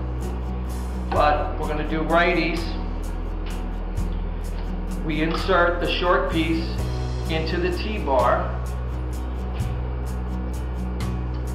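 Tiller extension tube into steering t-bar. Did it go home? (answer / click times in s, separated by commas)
no / none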